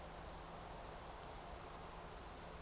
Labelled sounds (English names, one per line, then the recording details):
Eurasian Woodcock whistle
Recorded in Baden-Württemberg, Germany, on 29 June 2020 at 02:34 UTC
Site 43791, 788 m above sea level